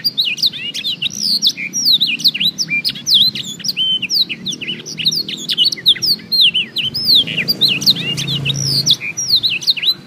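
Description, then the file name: Black-throated canary song, a long sustained outpouring of rapid high twitters, swooping whistles and sharp notes with barely any pause. Full song. "audio kenari new obelix jr full blackthroat"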